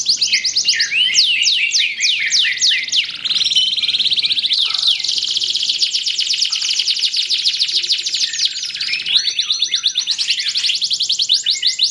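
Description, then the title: Canary song with sweeping chirps leading into a long, dense, buzzy high trill, then renewed rapid chirping phrases. Belgian canary breed; warm-up song, meant to get canaries singing. "Canto Para Esquentar Canário Belga. SUARA BURUNG : Kenari"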